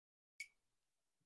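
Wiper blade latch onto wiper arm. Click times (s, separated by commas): 0.4 s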